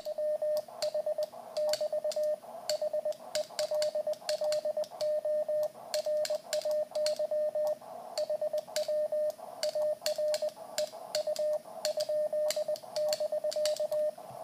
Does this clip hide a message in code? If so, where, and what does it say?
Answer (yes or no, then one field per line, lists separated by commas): yes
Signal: Morse code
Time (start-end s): 0.1-14.1 s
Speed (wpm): 20 wpm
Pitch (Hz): 610 Hz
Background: radio noise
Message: WH <BT> HELLO RAY HW AR E U ?<BK>